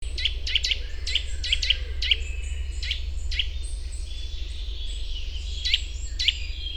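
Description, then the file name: Eurasian nuthatch calls: short, sharp notes given singly or in quick pairs at irregular intervals, over a low rumble. "Sitta europaea"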